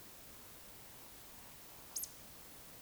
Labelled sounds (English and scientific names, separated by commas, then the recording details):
Eurasian Woodcock (Scolopax rusticola) whistle, Eurasian Woodcock (Scolopax rusticola) croak
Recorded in Baden-Württemberg, Germany, on 20 May 2021 at 19:51 UTC
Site 24606, 635 m above sea level